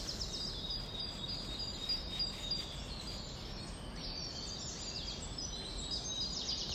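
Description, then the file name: Birds giving fast high chirps in a continuous chorus over steady background noise. "Vogelgezwitscher"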